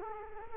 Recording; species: mosquito wingbeat signal from an infrared sensor; Culex quinquefasciatus